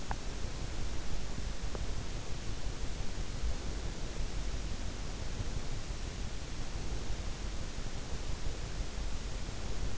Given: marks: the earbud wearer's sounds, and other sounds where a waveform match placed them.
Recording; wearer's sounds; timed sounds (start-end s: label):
sounds in sleep by an in-ear microphone; teeth grinding
0.00-0.28 s: teeth grinding